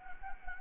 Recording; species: mosquito wingbeat signal from an infrared sensor; Anopheles gambiae